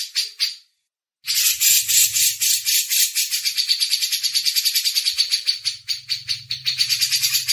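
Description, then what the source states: Grey-cheeked Bulbul chattering in a long, continuous run of buzzy, pulsing notes after a short opening phrase, with a faint low hum at times. Cucak jenggot song used for masteran training.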